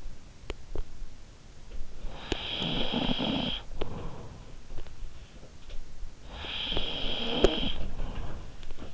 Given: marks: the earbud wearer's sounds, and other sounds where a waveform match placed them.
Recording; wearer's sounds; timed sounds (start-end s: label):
sounds in sleep by an in-ear microphone; snoring breath
1.88-4.88 s: snoring breath
6.16-8.93 s: snoring breath